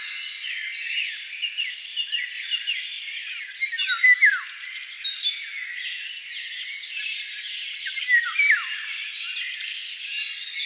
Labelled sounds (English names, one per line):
Eurasian Golden Oriole song